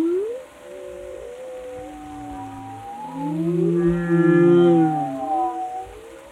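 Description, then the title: Whale sounds: a rising whoop, then sustained tonal moans and a loud buzzy pulsed call in the later part. "Whale Tales: Discovering the Stories Behind the Sounds"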